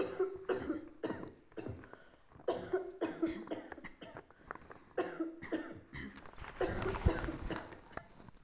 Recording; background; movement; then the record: throat clearing; a bystander coughing; sitting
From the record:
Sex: female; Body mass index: 25.5 kg/m2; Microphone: on the chest, facing outward